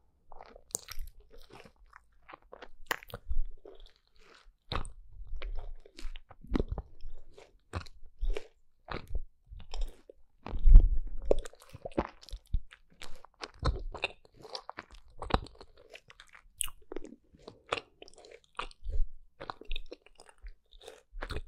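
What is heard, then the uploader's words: Eating sounds with steady crunching and chewing, a dense run of sharp, bright bites and crackles packed closely together throughout. The bursts come irregularly but almost continuously, a few louder crunches standing out around the middle, with soft low thuds underneath and no other sounds. ASMR EATING SOUNDS 5 ASMR FOODS (No Talking).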